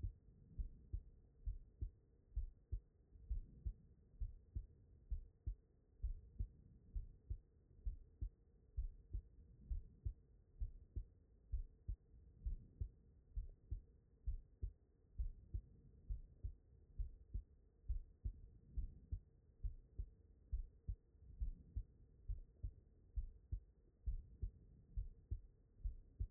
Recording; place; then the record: heart sounds by stethoscope; pulmonary valve (PV)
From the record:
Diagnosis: non-HFrEF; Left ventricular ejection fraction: 69%